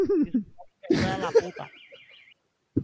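A faint electronic motorcycle alarm warbles in a steady, rapidly rising and falling high tone for about a second, following a short burst of voices and breathy laughter.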